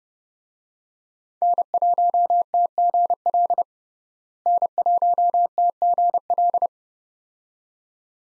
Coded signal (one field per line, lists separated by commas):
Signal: Morse code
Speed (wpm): 30 wpm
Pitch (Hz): 700 Hz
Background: none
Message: N1TGL N1TGL